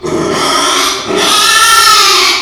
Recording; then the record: squeal of a Yucatan mini pig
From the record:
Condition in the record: after surgery on the right vocal fold (resection and tissue-engineered implant); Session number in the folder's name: 2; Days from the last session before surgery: 13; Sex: male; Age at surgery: 12 weeks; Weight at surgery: 13 kg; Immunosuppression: cyclosporine, prednisolone